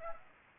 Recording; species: mosquito wingbeat signal from an infrared sensor; Aedes aegypti